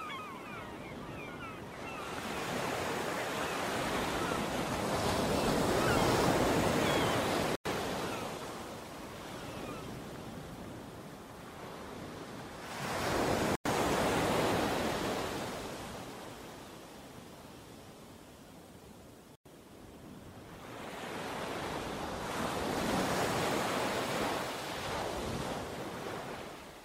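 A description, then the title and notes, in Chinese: Flowing water rushes in dense, hissing washes that swell and ebb every few seconds, much like surf rolling in. The sound is full, with a bright spray on top and a soft rumble beneath, broken by brief silent cuts near 8, 14 and 19 seconds. 流水聲。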